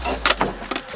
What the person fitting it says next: yup we heard the click so it's good it's not loose